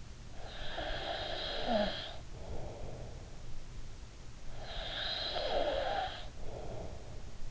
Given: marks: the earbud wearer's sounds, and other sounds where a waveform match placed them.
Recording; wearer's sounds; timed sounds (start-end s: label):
sounds in sleep by an in-ear microphone; snoring breath
0.07-7.50 s: snoring breath